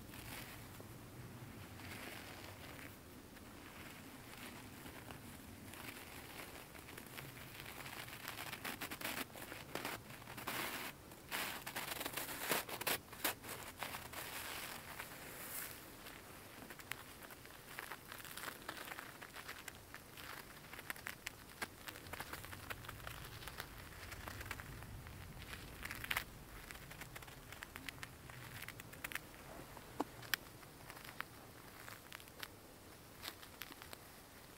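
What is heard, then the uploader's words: Boots crunch through snow in a steady walking rhythm, each step a short, bright, gritty burst that grows denser and louder from around ten seconds onward. Beneath the footsteps runs a continuous low wash of flowing creek water. Walking in Snow. Take a walk through the snow covered woodlands of Pennsylvania. This was recorded with binaural in-ear microphones.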